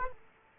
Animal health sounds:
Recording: mosquito wingbeat signal from an infrared sensor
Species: Culex quinquefasciatus

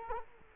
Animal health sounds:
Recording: mosquito wingbeat signal from an infrared sensor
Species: Culex quinquefasciatus

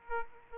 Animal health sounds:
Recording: mosquito wingbeat signal from an infrared sensor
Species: Aedes aegypti

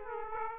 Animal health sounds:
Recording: mosquito wingbeat signal from an infrared sensor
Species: Aedes aegypti

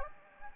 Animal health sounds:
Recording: mosquito wingbeat signal from an infrared sensor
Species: Anopheles gambiae

